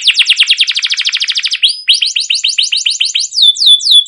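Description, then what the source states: Canary song, a fast rolling trill that shifts into slower, clear downslurred whistles repeated several times a second, bright and high-pitched. Canary singing a long rolling song with cuit-cuit notes, in top singing form, used to prompt other canaries to sing.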